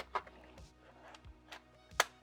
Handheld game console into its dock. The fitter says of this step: oh had a nice click to it that's for sure